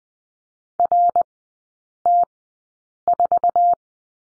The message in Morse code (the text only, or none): RT4